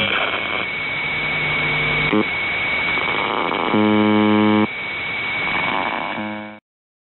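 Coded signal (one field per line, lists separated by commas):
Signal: numbers station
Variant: UVB-76 (The Buzzer)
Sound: short low harsh buzzes over hissy static with a constant high whistle; no voice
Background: radio static, heterodyne whistle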